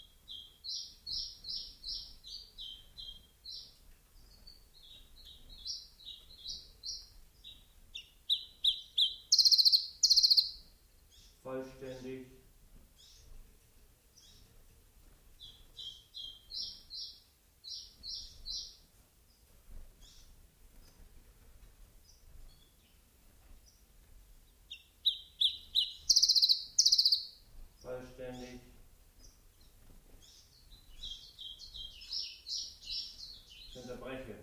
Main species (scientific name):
Phylloscopus collybita